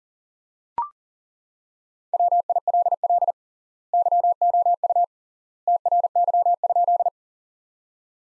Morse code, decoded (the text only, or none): WILL YOU TRY?